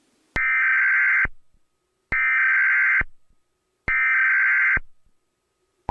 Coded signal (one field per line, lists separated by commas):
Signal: Emergency Alert System (SAME) tones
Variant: header bursts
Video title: EAS Scenario - Banana Eats (Part 2)